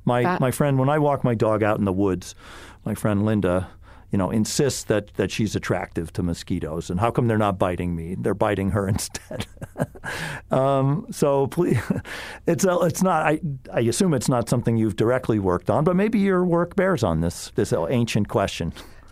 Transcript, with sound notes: my friend… When I walk my dog out in the woods, my friend Linda, you know, insists that, that she’s attractive to mosquitos, and how come they’re not biting me? They’re biting her instead. [LAUGHS] So, it’s not — I assume it’s not something you’ve directly worked on, but maybe your work bears on this — this ancient question.